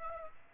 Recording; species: mosquito wingbeat signal from an infrared sensor; Aedes aegypti